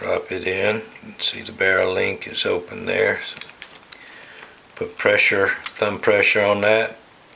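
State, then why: Not seated. During reassembly of a Springfield Armory 1911 Range Officer pistol, the slide stop is dropped into the pistol frame through the open barrel link and pressed in with thumb pressure while someone talks. Brief sharp ticks of handling are heard around 3.6 s and 3.9 s. Nothing has seated or clicked into place yet by the end of the clip.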